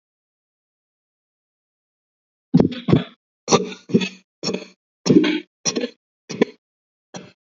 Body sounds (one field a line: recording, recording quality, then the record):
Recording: heavy voluntary cough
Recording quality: excellent, no background noise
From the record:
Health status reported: COVID-19 positive, mild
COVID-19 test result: positive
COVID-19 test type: RT-PCR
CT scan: not taken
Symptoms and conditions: cough, cold, sore throat, muscle pain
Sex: male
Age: 30 years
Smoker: no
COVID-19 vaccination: both doses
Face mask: worn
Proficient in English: yes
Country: India